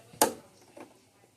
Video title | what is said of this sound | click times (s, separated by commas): How to replace the lamp bulb unit on the nec multisync 820 | There's the click, and then oh, | 0.2 s